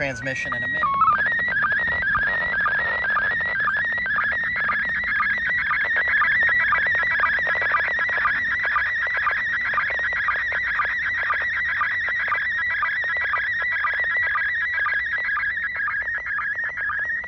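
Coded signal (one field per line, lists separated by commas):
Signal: SSTV (slow-scan television)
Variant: PD 120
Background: speech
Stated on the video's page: SSTV from the ISS on 145.800 MHz FM, received on an Icom ID-52 handheld with a vertical whip antenna during an overhead pass.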